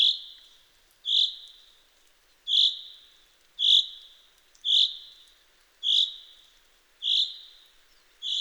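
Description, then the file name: Common chaffinch calling steadily, a regular series of loud ringing notes about a second apart, each with a short trailing tail. "Fringilla coelebs"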